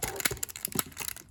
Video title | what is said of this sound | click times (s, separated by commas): FANS TOYS FT-44 THOMAS - MASTERPIECE ASTROTRAIN [2023]: FINCH REVIEWS | Same thing with the other side. And that's going to lock everything. That looks pretty well locked into place. | 0.4 s, 0.6 s